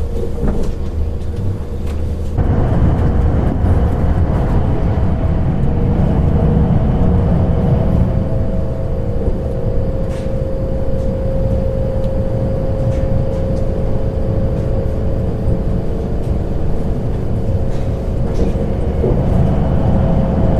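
A train travels along with a steady, low rumble and a soft whirring hum running underneath. Around two seconds in the sound thickens and grows fuller, then stays constant, with a faint tone holding in the middle and occasional light clicks and taps over it.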